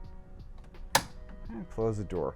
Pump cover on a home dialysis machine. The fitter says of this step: this is the pump here I want to make sure you pull that out snap the pump closed